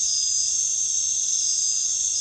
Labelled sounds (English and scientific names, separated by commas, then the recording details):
none
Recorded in dense forest near Puerto Asís, Putumayo, Colombia, on 19 February 2024 at 23:30
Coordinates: 0.505, -76.324
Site G6467